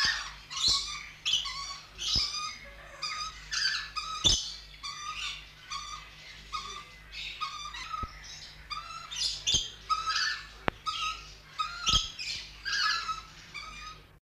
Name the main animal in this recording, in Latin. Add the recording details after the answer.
Eos squamata. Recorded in captivity. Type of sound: call. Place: Vogelpark Walsrode, Niedersachsen, DE. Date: 1977-09-09. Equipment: Halbspur, 9,5 cm/s. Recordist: Lütgens, Hans. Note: Rufe